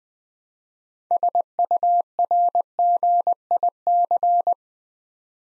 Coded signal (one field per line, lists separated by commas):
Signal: Morse code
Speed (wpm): 20 wpm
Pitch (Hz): 700 Hz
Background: none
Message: SURGIC